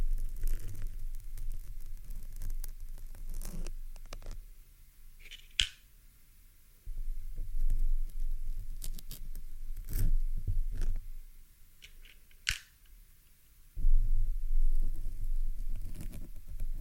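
A pin is plucked and fiddled from a microphone, with low rumbling handling, scraping, and sharp clicks around 5.5, 10 and 12.5 seconds.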